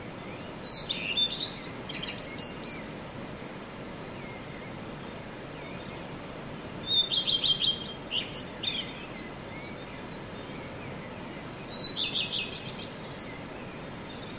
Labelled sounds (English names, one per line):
Common Redstart